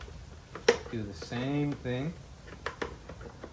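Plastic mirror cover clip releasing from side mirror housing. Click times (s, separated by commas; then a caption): 0.5 s, 0.7 s. A trim tool is inserted at the upper edge of the plastic side mirror cover on an 11th-gen Honda Civic to pry its retaining clips loose, ahead of fitting carbon mirror caps. Sharp clip snaps ring out at 0.6 s and 0.7 s as the cover comes free, someone talks, and two more sharp ticks follow near 2.7 s and 2.8 s. The clips are released from the mirror housing.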